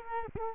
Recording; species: mosquito wingbeat signal from an infrared sensor; Culex quinquefasciatus